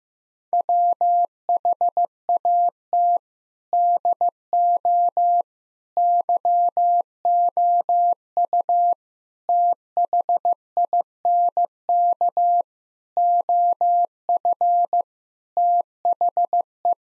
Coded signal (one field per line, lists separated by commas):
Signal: Morse code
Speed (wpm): 16 wpm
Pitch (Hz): 700 Hz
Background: none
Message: WHAT DO YOU THINK OF THE